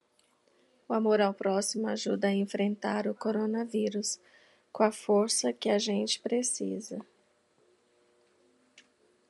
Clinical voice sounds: spoken sentence; Brazilian Portuguese; female; 40 to 49 years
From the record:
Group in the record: control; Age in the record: 48 years

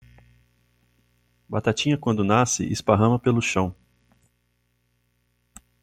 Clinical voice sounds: short text; Brazilian Portuguese; male; 40 to 49 years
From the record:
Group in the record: control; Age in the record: 42 years

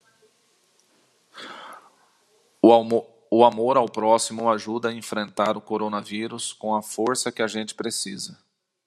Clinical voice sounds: spoken sentence; Brazilian Portuguese; male; 40 to 49 years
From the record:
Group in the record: control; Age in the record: 40 years

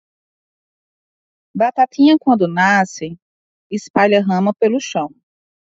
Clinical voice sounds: short text; Brazilian Portuguese; female; 30 to 39 years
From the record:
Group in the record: control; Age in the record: 37 years

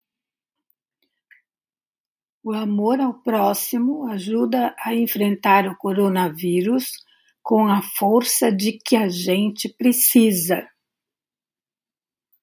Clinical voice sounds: spoken sentence; Brazilian Portuguese; female; 80 to 89 years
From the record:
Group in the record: control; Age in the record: 82 years

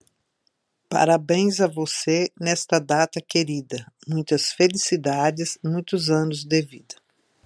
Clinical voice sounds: short text; Brazilian Portuguese; female; 60 to 69 years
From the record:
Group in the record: control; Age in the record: 68 years

